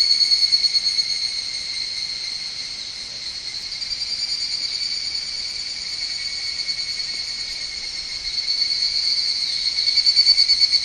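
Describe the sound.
Higurashi cicada in a high, rhythmic, ringing trill that starts loud, dips softer in the middle, then swells again near the finish.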